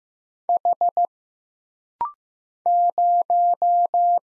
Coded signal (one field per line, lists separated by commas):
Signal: Morse code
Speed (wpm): 15 wpm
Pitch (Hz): 700 Hz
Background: none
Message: H 0